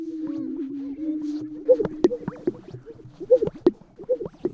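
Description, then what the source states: Greater Sage-Grouse display sounds: swishes and sharp pops recurring in pairs, over a low droning hum. Displaying birds fan the tail, swish wings over stiff white breast feathers and launch the chest forward in a violent eruption.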